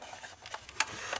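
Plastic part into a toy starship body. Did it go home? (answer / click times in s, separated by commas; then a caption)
yes / 0.8 s. A plastic part is fitted onto the body of a Playmates Transwarping Enterprise toy starship amid faint rubbing and handling sounds. A single sharp click at 0.8 s marks the part clipping into place.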